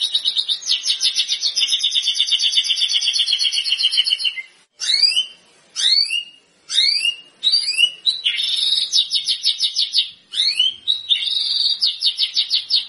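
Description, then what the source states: White-rumped shama song, opening with a long, even, buzzy trill, then a series of short upward-sweeping notes and more pulsed trills. Lure sound of a constantly singing white-rumped shama, meant to provoke a response from birds that hear it.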